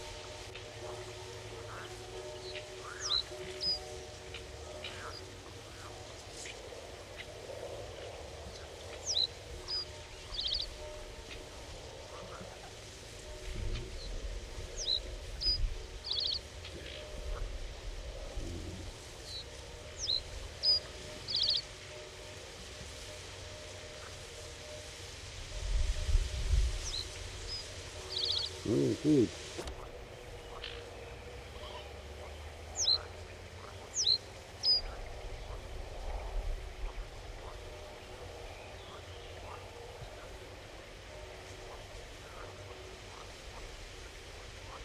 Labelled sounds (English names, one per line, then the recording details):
Reed Bunting song
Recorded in the wild
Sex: male
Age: adult
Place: Rietberg, Nordrhein-Westfalen, DE
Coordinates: 52.8, 8.43333
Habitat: pond
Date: 1970-06-28
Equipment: Uher 4000 Report-S, Bändchenmikro Beyer M 260, Parabolspiegel Polyester (470 mm)
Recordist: Conrads, Klaus